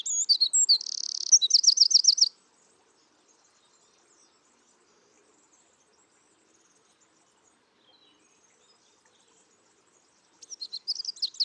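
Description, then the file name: Eurasian wren song ending in a fast, high rattling trill, then a long pause before another energetic trilled phrase starts at the close. "Troglodytes troglodytes"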